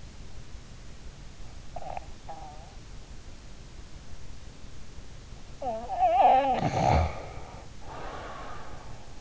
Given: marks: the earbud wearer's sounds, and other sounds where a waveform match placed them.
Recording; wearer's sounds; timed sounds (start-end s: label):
sounds in sleep by an in-ear microphone; snoring breath
1.73-2.81 s: snoring breath
5.39-9.21 s: snoring breath